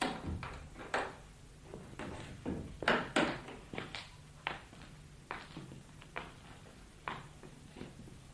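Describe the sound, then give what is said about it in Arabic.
A door is pushed shut amid a series of irregular wooden clunks and thuds, some sharp and some dull, spread across several seconds with quiet pauses between them and no voices. “اقفلي الباب ده وتعالي.”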